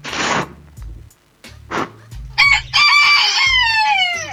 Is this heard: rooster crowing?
yes